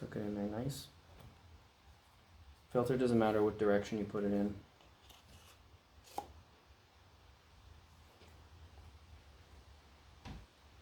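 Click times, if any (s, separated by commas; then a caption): none. A paper oil filter element is handled at the plastic filter housing cap of an Audi 3.0T engine during an oil change, but nothing has seated or clicked yet. Someone talks over quiet handling noises, with a short sharp tap around 6.2 s and faint rustling afterward.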